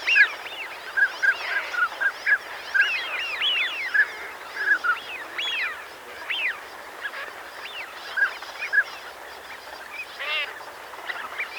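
Northern pintail calls from a flock: brief flat whistles repeated in quick runs, mixed with curved wheezy notes, busiest in the first half, then thinning out.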